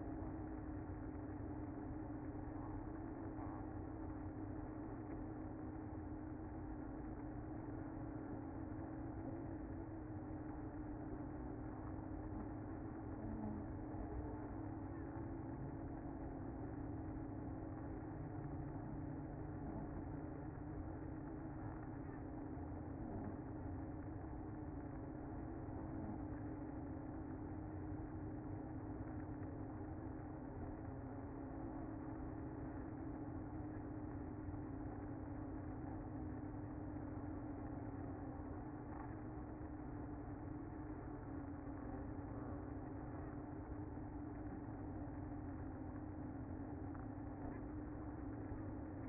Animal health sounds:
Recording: honeybee colony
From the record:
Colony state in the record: active

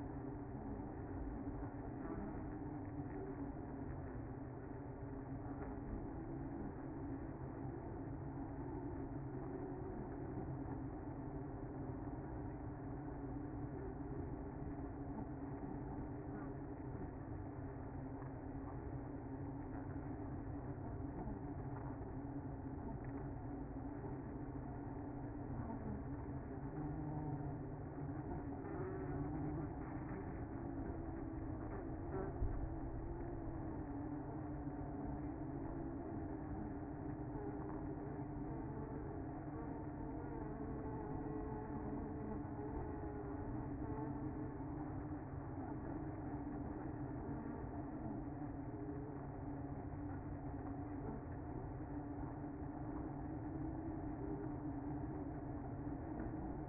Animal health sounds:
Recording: honeybee colony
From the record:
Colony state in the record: active

